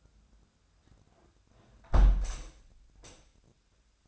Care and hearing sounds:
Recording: daily activity, microphone in the room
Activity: close window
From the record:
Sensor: 2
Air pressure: 1006.3 hPa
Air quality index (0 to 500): 188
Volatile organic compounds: 11 ppm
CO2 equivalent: 2296 ppm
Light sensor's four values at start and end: 8/20/8/9 and 8/20/8/8

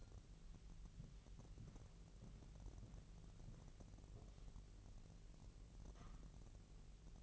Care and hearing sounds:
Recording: daily activity, microphone in the room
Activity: walk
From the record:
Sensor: 4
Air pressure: 1003.0 hPa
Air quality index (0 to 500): 246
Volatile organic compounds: 26 ppm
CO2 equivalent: 2870 ppm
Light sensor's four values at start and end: 8/17/7/7 and 8/17/7/7

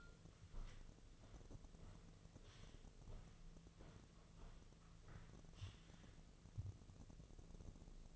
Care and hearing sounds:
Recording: daily activity, microphone in the room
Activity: walk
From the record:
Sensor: 4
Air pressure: 1006.3 hPa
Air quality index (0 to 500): 82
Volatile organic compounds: 2 ppm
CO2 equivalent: 1015 ppm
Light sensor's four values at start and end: 12/27/10/10 and 12/27/10/10

